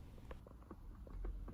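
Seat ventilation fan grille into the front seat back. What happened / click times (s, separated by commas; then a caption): The plastic grille is being handled and has not clicked into place yet / none. A plastic seat ventilation fan grille is being refitted into the front seat back of a Jaguar XKR, XE, XF or Land Rover with cooled seats; its three lower tabs go into slots and its two upper tabs are pushed in until they click. A series of light plastic taps and handling sounds is heard over a low rumble. Nothing has seated or clicked yet.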